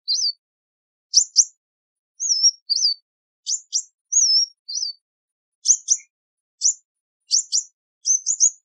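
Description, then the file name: Sunbird calling: slurred whistles mixed with crisp high double chips early on, then a steady run of chips toward the end. "Tieng chim hut mat"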